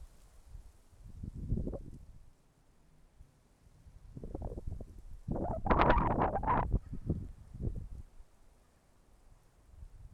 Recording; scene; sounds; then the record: everyday scene through a hearing-aid microphone; wind on the microphone; wind, traffic, birds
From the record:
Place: suburban garden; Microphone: behind the ear, left, rear